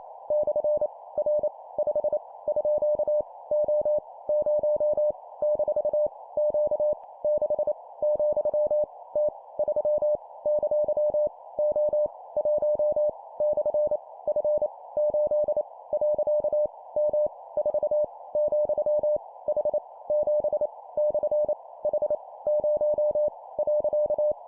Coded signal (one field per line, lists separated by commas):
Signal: Morse code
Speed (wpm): 28 wpm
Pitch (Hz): 600 Hz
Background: none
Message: / R 5 _ O 0 - Q 6 , T 3 ! O 1 / F 8 . M 4 , H 7 / H 0 .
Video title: 25wpm Random Letter Number Punctuation, improve morse code copy speed